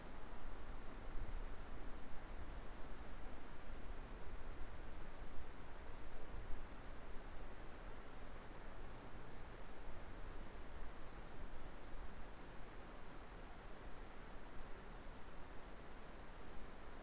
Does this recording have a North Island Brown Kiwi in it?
no